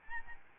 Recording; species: mosquito wingbeat signal from an infrared sensor; Aedes albopictus